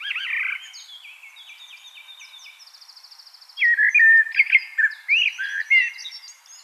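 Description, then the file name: Common blackbird: the end of a phrase, soft stepped high trills, then a loud warbled, fluting phrase with high squeaky notes. "Turdus merula"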